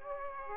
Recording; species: mosquito wingbeat signal from an infrared sensor; Aedes aegypti